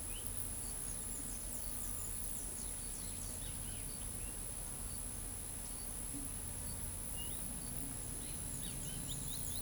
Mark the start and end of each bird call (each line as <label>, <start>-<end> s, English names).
Great Kiskadee, 8.17-9.06 s
Carib Grackle, 9.03-9.61 s